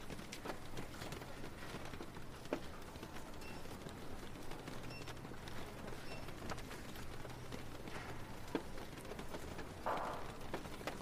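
Steady rain fills a library scene with a dense, even hiss, dotted throughout by small taps and ticks. A low hum rises and fades underneath, and a brief brighter rustle stands out near the ten-second mark.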